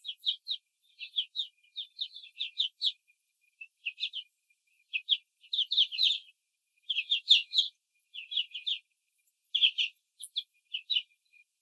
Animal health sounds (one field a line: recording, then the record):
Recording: young laying hens in a cage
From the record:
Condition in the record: control cage, after the stress test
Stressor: none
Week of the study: 4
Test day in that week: 3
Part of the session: 2